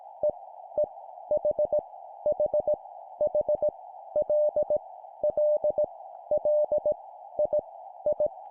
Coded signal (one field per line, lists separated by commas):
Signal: Morse code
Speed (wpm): 18 wpm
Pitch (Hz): 600 Hz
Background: none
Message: E E H H H L L L I I